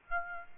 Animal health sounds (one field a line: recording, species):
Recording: mosquito wingbeat signal from an infrared sensor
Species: Aedes aegypti